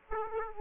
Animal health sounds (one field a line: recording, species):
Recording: mosquito wingbeat signal from an infrared sensor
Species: Aedes aegypti